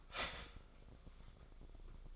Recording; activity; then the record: daily activity, microphone in the room; start toaster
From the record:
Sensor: 5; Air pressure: 1004.3 hPa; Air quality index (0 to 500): 168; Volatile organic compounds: 4 ppm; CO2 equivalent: 1575 ppm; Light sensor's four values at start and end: 34/108/41/41 and 33/108/40/41